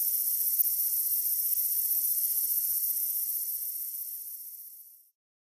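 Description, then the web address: Long-spurred meadow katydid song: an unbroken high sizzling buzz that slowly fades, then stops abruptly near the end. North America. "Songs of Insects. Long-spurred Meadow Katydid"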